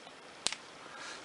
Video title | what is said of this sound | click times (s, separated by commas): AURORA MAGELLANO A20 FOUNTAIN PEN | we go closes with a lovely sort of satisfying snap which | 0.5 s